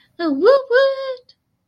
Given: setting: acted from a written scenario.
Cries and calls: vocal sound without words; pride

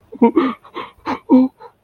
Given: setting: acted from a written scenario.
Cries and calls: vocal sound without words; fear

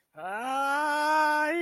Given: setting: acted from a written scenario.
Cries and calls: vocal sound without words; pain

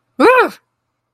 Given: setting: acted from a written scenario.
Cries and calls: vocal sound without words; anger

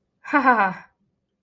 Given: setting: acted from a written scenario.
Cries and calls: vocal sound without words; triumph

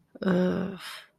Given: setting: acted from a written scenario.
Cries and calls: vocal sound without words; shame

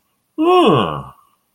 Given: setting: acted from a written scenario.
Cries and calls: vocal sound without words; realization

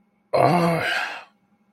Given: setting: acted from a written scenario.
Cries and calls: vocal sound without words; ecstasy

